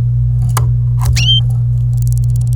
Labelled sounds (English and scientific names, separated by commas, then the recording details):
Domestic Canary (Serinus canaria) song
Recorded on 25 April 2018 at 16:59
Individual llb3